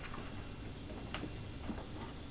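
The plastic/metal tank retaining clamps on a Stihl SR-450 backpack mist blower are handled after the tank has been turned to the misting position, with the clamps being hooked so they can be snapped in. Faint, brief ticks sit over a steady background hiss. Nothing has seated or clicked yet.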